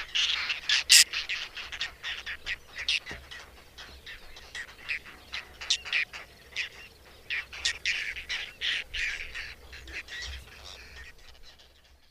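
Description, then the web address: Whiskered tern calls: harsh, rasping short notes repeated in irregular bursts, several per second at times, over a faint low rumble. "agykontroll Madardalok Cd 3. Fattyúszerkő"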